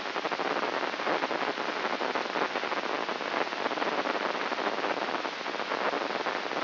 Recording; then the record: brain microelectrode recording played as sound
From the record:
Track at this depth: inside the subthalamic nucleus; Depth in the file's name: 5.629 mm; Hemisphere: left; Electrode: 3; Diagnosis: Parkinson's disease